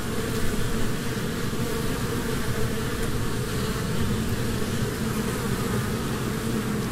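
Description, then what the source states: Honey bee buzzing from a swarm, an unbroken low hum at a fairly steady level. Humming of a swarm from a beehive.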